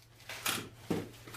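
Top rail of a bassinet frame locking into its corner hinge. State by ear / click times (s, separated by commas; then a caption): not seated / none. An Arm's Reach Mini Arc Convertible Co-Sleeper (also Ideal models) is handled as its plastic corners are separated and a top rail of the bassinet frame is pulled up toward its lock in the corner hinge. Brief handling knocks and rustles come at about 0.3 s and 0.9 s. Nothing has seated or clicked yet.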